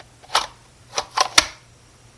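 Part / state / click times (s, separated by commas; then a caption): compact pistol into kydex holster / seated / 1.4 s. A Taurus G2c 9mm compact pistol is pushed into a molded Warriorland kydex holster, with a few short scraping rattles around 0.4, 1.0 and 1.2 seconds. A sharp, loud click at 1.4 seconds follows as the retention snaps over the frame. The pistol is seated, and the click tells you the gun is in there.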